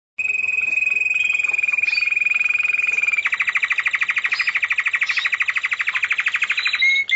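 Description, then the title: Java sparrow song: a steady high whistled tone that breaks into a fast, buzzy rattling trill, with brief sharp chips near the end. "kicau gelatik"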